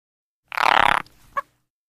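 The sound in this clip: Frog croak: a single harsh, rapidly pulsed rasp lasting about half a second, followed by a brief faint rattle and one short tonal blip.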